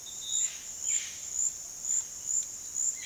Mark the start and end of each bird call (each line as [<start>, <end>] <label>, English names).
[0.00, 3.06] Violaceous Jay